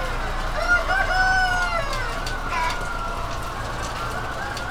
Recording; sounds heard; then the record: poultry house recording; healthy chickens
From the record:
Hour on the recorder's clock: 20